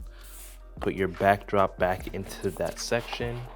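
Someone talks while a backdrop roll is being put back into its slot in a backdrop rack, with the rack's holding arm meant to lock over the stored roll. A brief hiss is heard near the start, then mostly speech. The holding arm has not clicked or seated yet when the clip ends.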